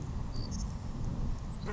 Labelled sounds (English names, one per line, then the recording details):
Savannah Sparrow
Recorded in Sonoma County, California